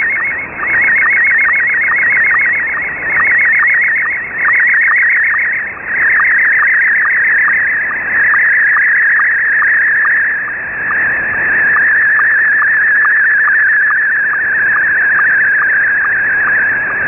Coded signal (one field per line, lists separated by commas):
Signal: SSTV (slow-scan television)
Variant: Scottie 1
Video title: Wolverine Radio pirate halloween SSTV Pictures sent 6935 Khz USB Shortwave